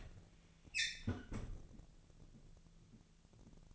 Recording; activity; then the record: daily activity, microphone in the room; close fridge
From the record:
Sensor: 4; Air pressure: 1000.9 hPa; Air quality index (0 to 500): 126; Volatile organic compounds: 1 ppm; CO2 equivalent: 946 ppm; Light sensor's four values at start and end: 31/74/31/34 and 33/79/33/36